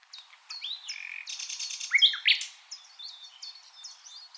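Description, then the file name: Common nightingale song fragment: a sliding whistle, brief rasping burst and two sharp loud notes, followed by quieter chirps. "Luscinia megarhynchos"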